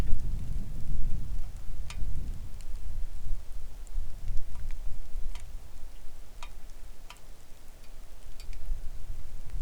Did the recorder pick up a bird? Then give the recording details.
no. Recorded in the Arctic National Wildlife Refuge, Alaska, on 3 August 2019 at 09:57. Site 41